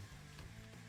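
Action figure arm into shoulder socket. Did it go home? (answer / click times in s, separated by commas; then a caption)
no / none. A detached arm of a plastic Dark Knight Death Metal Batman action figure is being pushed back toward its shoulder joint socket, with faint handling rubs over a steady low hum. No click or snap is heard, and the arm has not seated yet.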